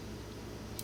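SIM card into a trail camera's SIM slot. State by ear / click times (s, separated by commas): not seated / none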